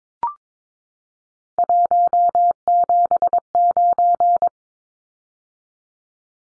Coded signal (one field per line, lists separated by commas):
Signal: Morse code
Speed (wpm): 22 wpm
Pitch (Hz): 700 Hz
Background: none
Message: 179